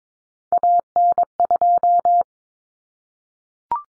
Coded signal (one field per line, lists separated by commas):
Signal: Morse code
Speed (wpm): 22 wpm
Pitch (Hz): 700 Hz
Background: none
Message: AN2